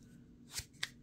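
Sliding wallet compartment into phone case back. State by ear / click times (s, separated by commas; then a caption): seated / 0.8 s. A sliding card wallet compartment on the back of a plastic Samsung S24 Ultra phone case is pushed shut. A soft sliding rub swells around 0.6 s, then a sharp, short click at 0.8 s as the wallet seats in place.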